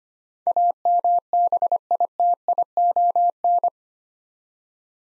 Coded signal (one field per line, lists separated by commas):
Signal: Morse code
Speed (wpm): 25 wpm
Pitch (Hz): 700 Hz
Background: none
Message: AMBITION